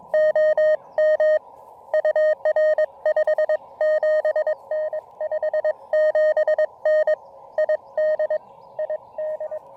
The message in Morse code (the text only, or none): OM UR 57N 57N ID ID